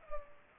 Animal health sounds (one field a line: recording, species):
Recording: mosquito wingbeat signal from an infrared sensor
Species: Culex pipiens